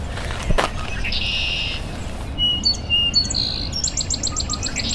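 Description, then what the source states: Song Sparrow song: a buzzy note and a few sharp whistled notes, ending in a fast, high, rapidly repeated trill. A brief knock sounds near the start. Singing in the dawn chorus around 6:20 am on a damp early morning in a park in Etobicoke, west of Toronto; song ends in a characteristic rising trill, typical summer countryside song.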